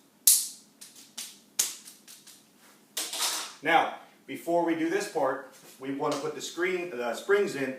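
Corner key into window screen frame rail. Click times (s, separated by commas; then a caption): 0.3 s, 1.6 s. A plastic corner key is pushed into an aluminium window screen frame rail to join the four cut frame pieces, and the corner snaps into place with sharp, loud clicks at 0.3 s and 1.6 s, between quieter taps. Someone then talks while the screen is seated together.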